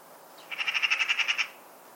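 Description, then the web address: Bird calling with a brief rapid run of roughly ten bright, piping notes at a constant pitch, lasting about one second. Call type labelled "pi pi pi pi". "cianscape birddata Deverinetal 2025. Bird Only More Classes Pi Pi Pi Pi"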